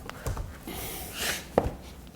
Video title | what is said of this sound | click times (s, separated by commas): How To Install Vinyl Plank Flooring Like a Pro | There's a click. | 1.6 s